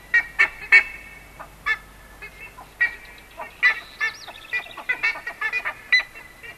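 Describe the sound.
Buff-necked ibis honks: sharp, separate nasal calls, then a quicker run of honks. A brief wavering whistle is heard near the middle.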